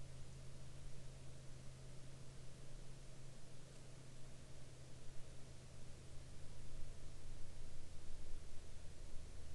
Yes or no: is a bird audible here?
no